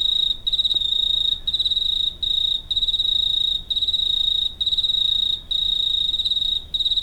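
Cricket chirping in a steady high trill, broken by brief pauses about once a second, with no other clear sounds.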